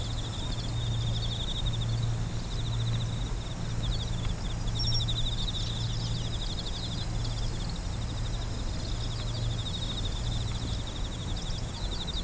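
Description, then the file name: Insect song: a thin, high continuous whine with occasional short breaks, joined by repeated bursts of quick pulsed ticks, all against a heavy low-pitched rumble. "singing of insect"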